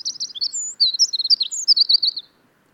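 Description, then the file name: Eurasian wren giving a short burst of song, about two seconds of high, fast twittering notes and a brief trill ending abruptly. "Troglodytes troglodytes"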